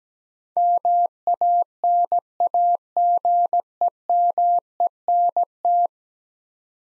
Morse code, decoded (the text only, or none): MANAGEMENT